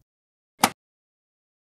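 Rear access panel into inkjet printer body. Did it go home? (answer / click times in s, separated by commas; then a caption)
yes / 0.6 s. The plastic rear access panel of an HP Officejet 6500a Plus e All-in-One Printer (E710n) is pushed forward after its tabs are set into the printer's slots. In near silence, a single sharp snap rings out at 0.6 s as the panel seats into place.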